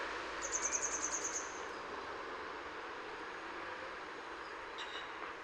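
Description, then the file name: Grey wagtail utters a brief run of thin, high ticking notes over a broad background roar. In Utrecht. "Grote gele kwikstaart in Utrecht - Sound Cloud - luc de bruijn"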